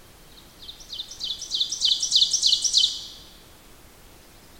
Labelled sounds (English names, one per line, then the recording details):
Ovenbird song
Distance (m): 15 m
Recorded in boreal forest in Alberta, Canada, on 8 June 2016 at 08:37
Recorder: SongMeter 3, array SBT-3-9
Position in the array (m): 165 m, 150 m
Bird 35